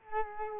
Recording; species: mosquito wingbeat signal from an infrared sensor; Culex quinquefasciatus